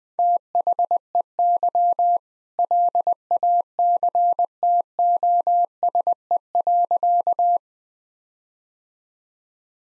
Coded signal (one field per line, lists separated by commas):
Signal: Morse code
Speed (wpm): 20 wpm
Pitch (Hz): 700 Hz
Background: none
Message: THEY LACTOSE.